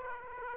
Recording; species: mosquito wingbeat signal from an infrared sensor; Aedes aegypti